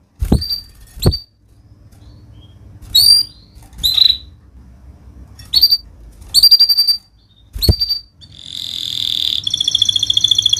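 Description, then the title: Canary giving short chirped notes at irregular intervals, then breaking into a fast rolling trill near the end. Vigorous singing canary (gacor) praised for the best cengkok phrasing and rich isian fill-in notes; Indonesian songbird-keeping (kicaumania) context. "Kenari Gacor Cengkok Terbaik Isian Paling Mewah Kenarigacor Kicaumania Kenari"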